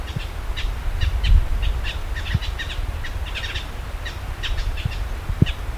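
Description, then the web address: Bird calls, quick bursts of high chirps in irregular clusters, with constant low-pitched background rumble and a few soft knocks. "BIRD 2015 SABIOD 50 bird 2015"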